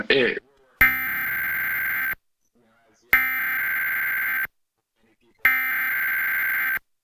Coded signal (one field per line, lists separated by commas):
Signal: Emergency Alert System (SAME) tones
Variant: header bursts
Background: speech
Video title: EAS #451: EAS Required Monthly Test- Jan. 5, 2021- 10:15AM PST